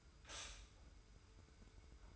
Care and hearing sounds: daily activity, microphone in the room; stop toaster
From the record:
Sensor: 2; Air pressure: 990.6 hPa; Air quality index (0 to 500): 163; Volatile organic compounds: 801 ppm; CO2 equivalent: 5131 ppm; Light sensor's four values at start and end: 25/58/24/24 and 25/58/24/24

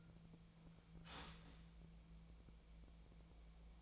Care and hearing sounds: daily activity, microphone in the room; start toaster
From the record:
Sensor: 1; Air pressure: 1000.3 hPa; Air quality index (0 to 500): 156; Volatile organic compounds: 3 ppm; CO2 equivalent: 1458 ppm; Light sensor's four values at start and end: 30/74/31/37 and 30/74/31/38

